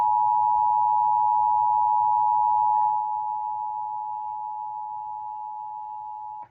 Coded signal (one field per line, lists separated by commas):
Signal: Emergency Alert System (SAME) tones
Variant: 853 and 960 Hz attention tone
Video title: Before Isaias...EAS Alerts From August 3, 2020 (EAS #266-276)